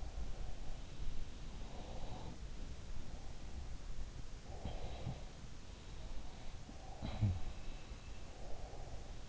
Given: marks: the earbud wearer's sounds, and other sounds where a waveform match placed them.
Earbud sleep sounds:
sounds in sleep by an in-ear microphone; breath
0.00-2.53 s: sound from someone else or the room
1.43-2.54 s: breath
4.39-9.29 s: sound from someone else or the room
4.39-5.33 s: breath
6.76-9.29 s: breath

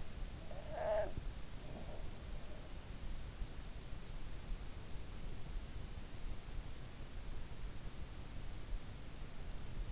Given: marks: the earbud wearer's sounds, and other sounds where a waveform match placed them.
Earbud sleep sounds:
sounds in sleep by an in-ear microphone; snoring breath
0.00-2.28 s: snoring breath

